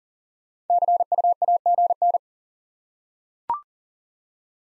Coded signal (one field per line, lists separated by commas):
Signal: Morse code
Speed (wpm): 37 wpm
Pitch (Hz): 700 Hz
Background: none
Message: CU AGN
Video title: Top 20 QSO Elements 40wpm